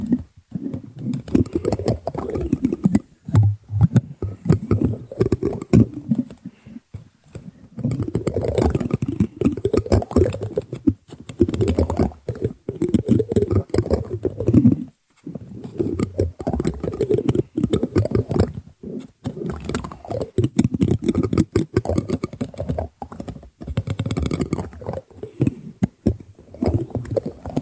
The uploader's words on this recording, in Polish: ŁYŻECZKI ASMR.